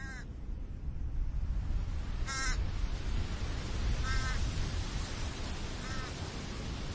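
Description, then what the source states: Bird calls: four harsh, nasal notes about two seconds apart over a loud, steady roar of surf. Beach natural sound with birds.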